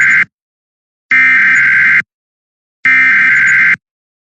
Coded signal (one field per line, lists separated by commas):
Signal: Emergency Alert System (SAME) tones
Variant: header bursts